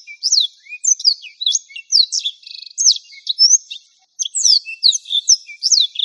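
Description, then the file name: Black-throated Canary: blackthroat's high, lively warble: quick slurred whistles, a buzzy rattling trill and a short silence before the twittering resumes. "suara burung blackthroat"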